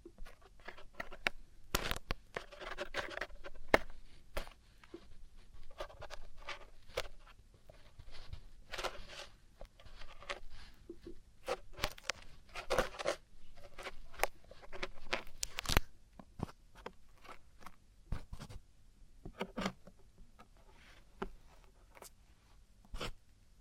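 Traditional Chinese ear cleaning and earwax removal: a dense run of crisp scratching and scraping with sharp clicks and ticks throughout. The strokes come irregularly, in quick bursts with short pauses, and a few louder snaps stand out around the second and sixteenth seconds.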